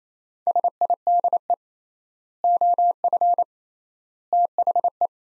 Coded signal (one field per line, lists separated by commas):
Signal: Morse code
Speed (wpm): 28 wpm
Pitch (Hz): 700 Hz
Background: none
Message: SIDE OF THE